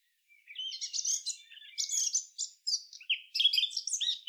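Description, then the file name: Eurasian blackcap song: fast, rich warbling phrases of scratchy and clear notes, bursts separated by short pauses, no other sounds. "Sylvia atricapilla"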